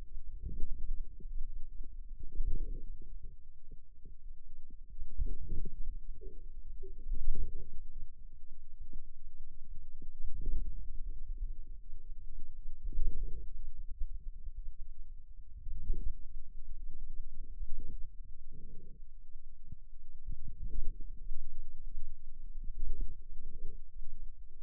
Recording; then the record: forearm muscle sounds (acoustic myography)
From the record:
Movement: outward rotation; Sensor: system 2, bracelet of six BSWA MPA416 microphones around the upper forearm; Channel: 5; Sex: male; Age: 22 years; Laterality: right